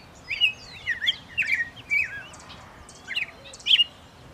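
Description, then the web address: Bird song: a lively sequence of varied whistled slurs and chirps, one phrase after another with short gaps. "lucas passarinho"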